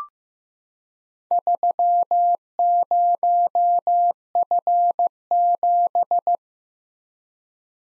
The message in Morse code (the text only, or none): 30F7